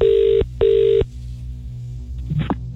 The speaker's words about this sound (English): Okay. We're going to call someone up, okay. Answer the phone, say hello.